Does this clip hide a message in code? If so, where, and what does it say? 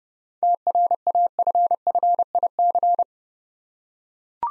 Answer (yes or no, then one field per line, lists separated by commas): yes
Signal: Morse code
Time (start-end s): 0.4-3.0 s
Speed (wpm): 28 wpm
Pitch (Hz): 700 Hz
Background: none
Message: TRAFFIC